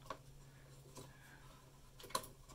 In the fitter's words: put it in the notch and then press down until you hear it click and